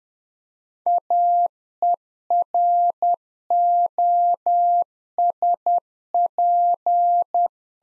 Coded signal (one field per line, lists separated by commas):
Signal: Morse code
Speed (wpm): 10 wpm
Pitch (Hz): 700 Hz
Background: none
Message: AEROSP